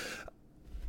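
After a brief faint sound and quiet room noise, one sudden loud cough burst starts near the end and is cut off. It is a single dry cough from an adult man.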